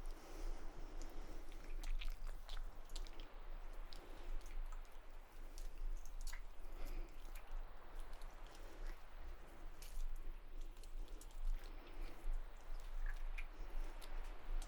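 A busy massage roleplay layered with soft, wet squishing and rustling that continues steadily throughout. Sharp little clicks and crackles land several times a second, while gentle swells rise and fall every couple of seconds over a constant low hum.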